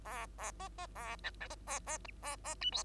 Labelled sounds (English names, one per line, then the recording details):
Bengalese Finch song
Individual Bird2